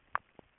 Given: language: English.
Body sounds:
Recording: throat vibration sensor signal played as sound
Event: swallow

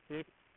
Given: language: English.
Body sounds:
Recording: throat vibration sensor signal played as sound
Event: speech

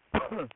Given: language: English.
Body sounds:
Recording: throat vibration sensor signal played as sound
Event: cough

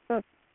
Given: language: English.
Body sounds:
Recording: throat vibration sensor signal played as sound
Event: speech

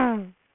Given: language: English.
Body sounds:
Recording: throat vibration sensor signal played as sound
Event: throat clearing

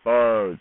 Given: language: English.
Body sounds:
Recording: throat vibration sensor signal played as sound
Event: speech

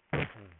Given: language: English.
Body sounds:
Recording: throat vibration sensor signal played as sound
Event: throat clearing

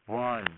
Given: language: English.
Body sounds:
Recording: throat vibration sensor signal played as sound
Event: speech

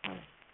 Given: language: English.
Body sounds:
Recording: throat vibration sensor signal played as sound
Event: throat clearing

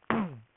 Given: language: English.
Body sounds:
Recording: throat vibration sensor signal played as sound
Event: throat clearing

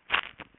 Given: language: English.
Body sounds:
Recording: throat vibration sensor signal played as sound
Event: swallow

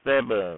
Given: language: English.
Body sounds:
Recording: throat vibration sensor signal played as sound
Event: speech

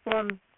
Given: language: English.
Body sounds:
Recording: throat vibration sensor signal played as sound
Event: speech

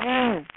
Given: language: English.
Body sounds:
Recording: throat vibration sensor signal played as sound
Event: throat clearing

